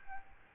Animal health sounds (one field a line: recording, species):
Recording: mosquito wingbeat signal from an infrared sensor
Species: Aedes albopictus